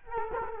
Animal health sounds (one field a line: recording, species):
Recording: mosquito wingbeat signal from an infrared sensor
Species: Culex quinquefasciatus